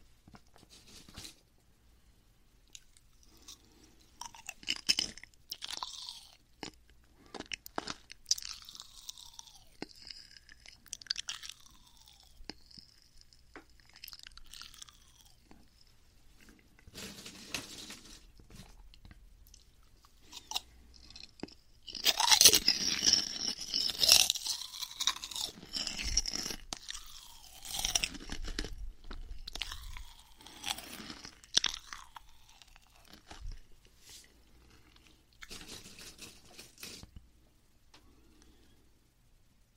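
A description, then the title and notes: Crispy snacks being eaten, with sharp crunches and chewing in irregular bursts from about five seconds on. The crunching grows loudest and densest between roughly 22 and 25 seconds, then continues in smaller bites before trailing off near the end. 4 layered crispy snack eating sound. No talking asmr 말없이 4겹 꼬북칩 먹어보기.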